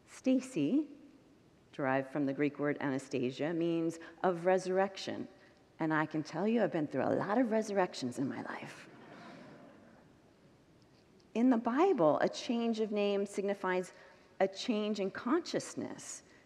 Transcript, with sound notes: Stacy – derived from the Greek word “anastasia” – means “of resurrection.” I can tell you I’ve been through a lot of resurrections in my life. [Congregants laugh] In the Bible, a change of name signifies a change in consciousness.